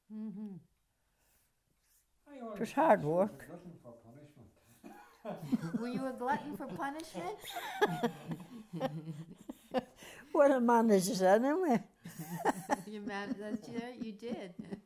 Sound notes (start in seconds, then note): 7.6 he laughs; 9.1 they laugh; 12.0 they laugh